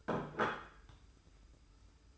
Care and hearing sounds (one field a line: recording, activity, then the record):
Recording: daily activity, microphone in the room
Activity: place plate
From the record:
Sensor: 2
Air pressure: 990.7 hPa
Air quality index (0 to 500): 151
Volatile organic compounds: 421 ppm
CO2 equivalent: 4706 ppm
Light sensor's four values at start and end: 21/50/20/21 and 22/52/21/21